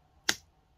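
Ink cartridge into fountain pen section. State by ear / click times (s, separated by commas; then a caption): seated / 0.3 s. A plastic ink cartridge is pushed onto the feed of a white plastic Schneider Ceod Basic school fountain pen. It gives a single sharp, bright click at 0.3 s against a quiet background. The cartridge is now securely seated in the pen.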